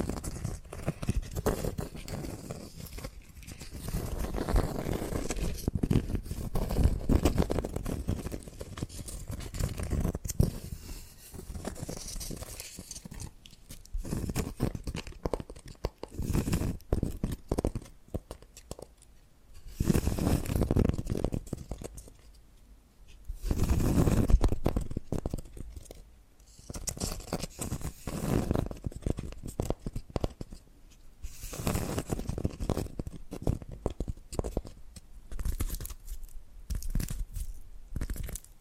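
Tapping and scratching sounds run throughout, with dense bursts of scraping and crunchy, tearing textures alternating with quieter stretches of light taps. Louder swells come around 5–10, 20 and 24 seconds, and the rhythm stays irregular rather than steady.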